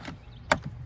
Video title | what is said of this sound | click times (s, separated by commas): Flea No See Em Demonstration by William Ambrose | make sure it clicks | 0.5 s